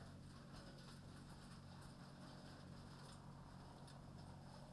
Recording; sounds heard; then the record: poultry house recording; sick chickens (respiratory disease)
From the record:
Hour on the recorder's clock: 23